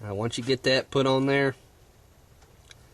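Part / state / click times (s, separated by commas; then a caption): fuel line onto push-lock fitting on fuel pump adapter / seated / 2.7 s. A fuel line is pushed onto the push-lock fitting of the adapter mounted on the back of the fuel canister where the fuel pump went, in a Raptor 100 install. Someone talks for about the first 1.5 seconds, then after a quiet stretch one short, sharp click sounds at 2.7 seconds as the line seats on the fitting.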